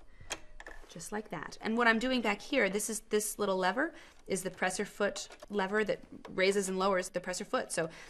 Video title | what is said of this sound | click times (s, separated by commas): Quilty: The Mighty Sewing Machine, Part 1 | will click it into place just like | 0.3 s